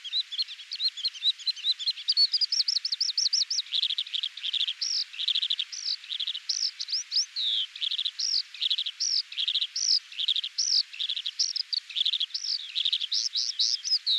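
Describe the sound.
Oriental skylark: a continuous, varied high twittering of rapid rising and falling notes, delivered without pause throughout.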